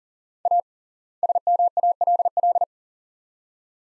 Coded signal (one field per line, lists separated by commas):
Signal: Morse code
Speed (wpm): 40 wpm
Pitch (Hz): 700 Hz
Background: none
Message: A SMALL